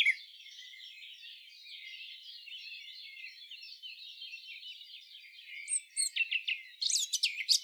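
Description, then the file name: Eurasian blackcap giving a long, subdued, twittering warble that ends in a brief run of louder, clearer fluty notes. "Sylvia atricapilla"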